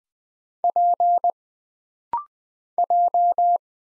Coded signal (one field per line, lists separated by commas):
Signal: Morse code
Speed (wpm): 20 wpm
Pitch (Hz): 700 Hz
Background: none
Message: P J